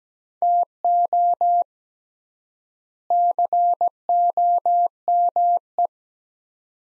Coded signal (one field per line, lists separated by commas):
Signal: Morse code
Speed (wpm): 17 wpm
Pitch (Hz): 700 Hz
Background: none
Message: TO COME